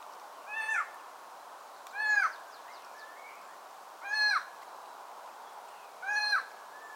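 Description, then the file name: Eurasian jay giving four short mewing calls, spaced about one and a half to two seconds apart, over a steady background hiss. "Garrulus glandarius"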